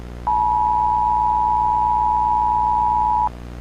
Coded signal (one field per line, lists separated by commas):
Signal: Emergency Alert System (SAME) tones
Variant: 853 and 960 Hz attention tone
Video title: EAS Scenario #2: Rocked